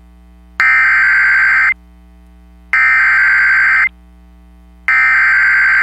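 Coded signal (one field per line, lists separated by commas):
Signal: Emergency Alert System (SAME) tones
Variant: header bursts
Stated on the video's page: Severe thunderstorm warning heard on NOAA Weather Radio, shown with WeatherSTAR 4000.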